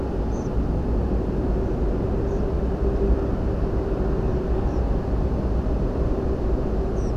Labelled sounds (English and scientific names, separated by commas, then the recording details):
European Pied Flycatcher (Ficedula hypoleuca)
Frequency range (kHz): European Pied Flycatcher (Ficedula hypoleuca) 4.9-9.5 kHz
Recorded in France